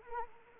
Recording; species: mosquito wingbeat signal from an infrared sensor; Anopheles arabiensis